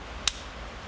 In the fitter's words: push it till it clicks in put